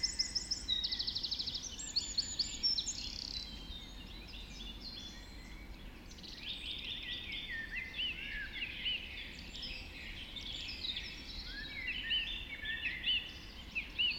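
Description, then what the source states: Birds in dawn chorus, several songsters overlapping with high whistled phrases, rapid trills and chirps throughout, a fast trill opening the passage. Dawn chorus just after dawn in the Forest of Dean.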